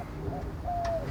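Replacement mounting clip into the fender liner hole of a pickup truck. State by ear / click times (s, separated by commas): not seated / none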